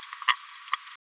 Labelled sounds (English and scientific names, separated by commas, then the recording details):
Green-rumped Parrotlet (Forpus passerinus) babbling
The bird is a female
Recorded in a nest box in Venezuela
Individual 17B73B3